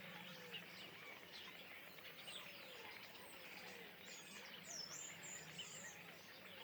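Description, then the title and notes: Common starlings chattering together, a steady blur of rapid clicks and squeaks, topped late by a loud, high, wavering whistle. Flock perched in trees beside a pond, Le Louroux, Indre-et-Loire, France; recorded in stereo ORTF with Sennheiser MKH8020 microphones, Rycote and a Sound Devices MixPre-6 II. "Le Louroux, Loches, Indre-et-Loire, Centre-Val de Loire, France métropolitaine, 37240, France - étourneaux sansonnet dans les arbres. Nuée d'étourneaux posés dans un arbre aux abords de l'étang du louroux"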